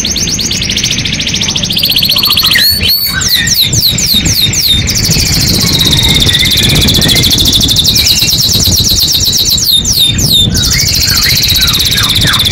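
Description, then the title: Canary song: long fast rolling trills alternating with bursts of sharp slurred notes and rattles, loud and continuous throughout. Singing canary described as "gacor" (singing freely and nonstop), presented as a first-place competition champion. "Suara Kenari Gacor Suara Kicau Burung Kenari Gacor Juara 1"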